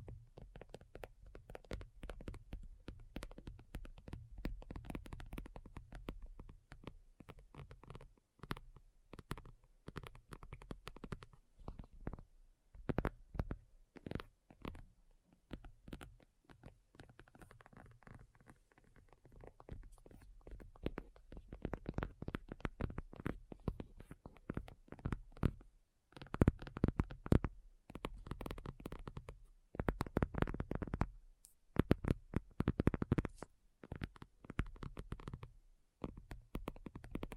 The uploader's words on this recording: ASMR Addictive Tapping. (No Talking).